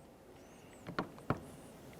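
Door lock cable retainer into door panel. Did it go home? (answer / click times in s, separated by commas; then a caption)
no / none. While replacing the front window regulator on a 2004-2015 Nissan Titan, the beveled retainer on the door lock cable is being swung over toward the door panel to be pressed in. Faint taps at 0.9 s and 1.2 s and two sharper handling knocks at 1.0 s and 1.3 s sound over a low steady background. The retainer has not yet seated or clicked into the door panel.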